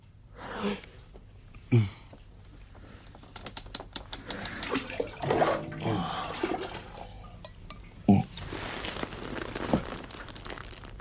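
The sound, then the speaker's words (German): Rain beginning to fall: a soft, crackling patter of drops that gradually thickens, with a few sharper louder splashes standing out from the steady hiss. “Saß da, als der Regen begann.”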